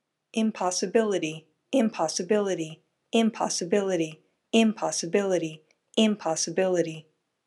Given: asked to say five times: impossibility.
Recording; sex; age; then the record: repeated word; female; 30 to 39 years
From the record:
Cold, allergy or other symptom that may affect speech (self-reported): no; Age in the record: 36 years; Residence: California, United States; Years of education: 20